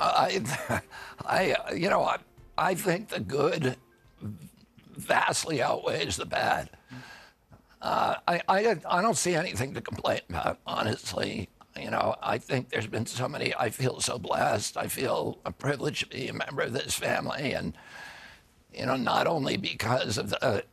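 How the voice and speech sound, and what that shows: Adult male with spasmodic dystonia, a neurological disorder that began after an injury at age 42. His voice is raspy and gravelly with strained, creaky phonation, because signals to his vocal cords make them tighten constantly. The vocal cords show no tissue damage. Surgery about 8 months earlier made his voice more reliable.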